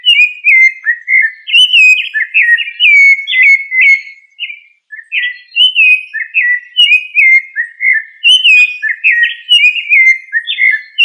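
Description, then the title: Thrush singing rich whistled notes in quick varied phrases, mostly falling slurs, delivered almost continuously with one short gap midway. "Familia Turdidae - Sabia"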